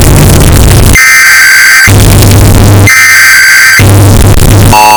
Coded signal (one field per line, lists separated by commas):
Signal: Emergency Alert System (SAME) tones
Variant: header bursts